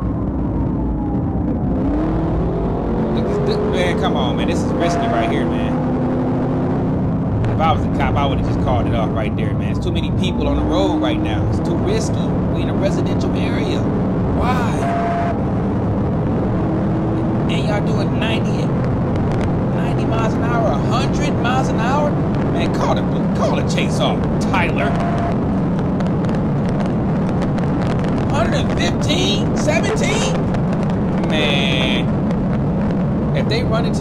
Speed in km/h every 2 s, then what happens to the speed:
106, 111, 116, 127, 130, 135, 135, 147, 158, 161, 171, 177, 185, 188, 180, 184, 171.
0-25 speeds up to 188. 25-34 slows to 171.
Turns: none.